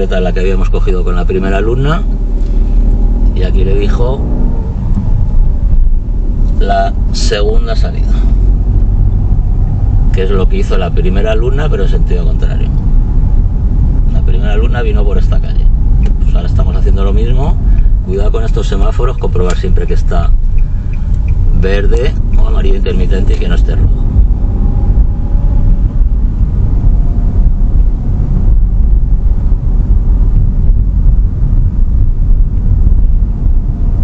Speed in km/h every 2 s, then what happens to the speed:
0, 6, 16, 18, 24, 24, 23, 28, 24, 16, 13, 21, 29, 27, 29, 29, 27.
0-8 pulls away to 24. 15-20 slows to 13. 20-24 speeds up to 29. 24-34 steady at about 29.